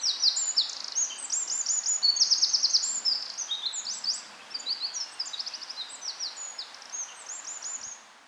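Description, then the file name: Eurasian wren singing a fast, piercing outpouring of high trills and chattering notes, loud and nearly continuous, fading toward the end. "Troglodytes troglodytes"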